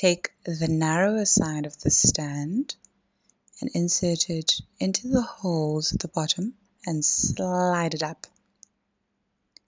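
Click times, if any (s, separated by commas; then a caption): 8.6 s, 9.6 s. Someone talks while the narrower side of a plastic stand is inserted into the holes on the bottom of a Yealink T26P VoIP desk phone and slid up until it latches. Two sharp clicks follow at 8.6 s and 9.6 s as the stand seats and is connected to the back of the phone.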